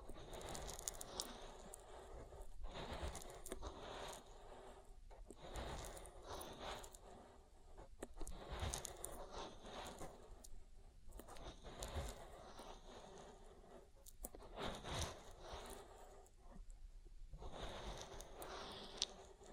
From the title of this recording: ASMR Oil Ear Massage